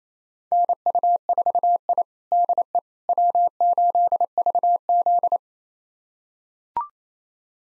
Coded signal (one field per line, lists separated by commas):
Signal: Morse code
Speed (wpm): 27 wpm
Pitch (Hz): 700 Hz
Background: none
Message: NU4I DE W8VZ